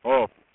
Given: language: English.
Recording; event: throat vibration sensor signal played as sound; speech